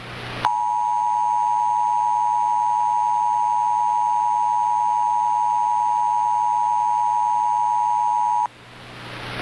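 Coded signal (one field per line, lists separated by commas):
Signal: Emergency Alert System (SAME) tones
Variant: 853 and 960 Hz attention tone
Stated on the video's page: Mock EAS inmate escape alert, not a real alert.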